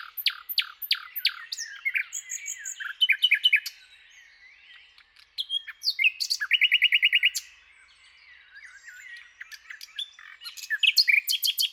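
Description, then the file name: Common nightingale song: varied loud phrases of repeated notes and rattles, broken by quieter passages of soft warbling. "Luscinia megarhynchos"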